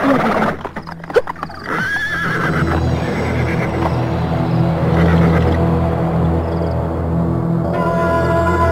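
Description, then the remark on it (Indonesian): A horse lets out a loud, wavering whinny over a steady low rumble, with a quick burst of hoof clops near the start and a snort toward the end. “kita turun saja dari kuda.”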